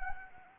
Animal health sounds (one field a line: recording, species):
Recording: mosquito wingbeat signal from an infrared sensor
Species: Anopheles arabiensis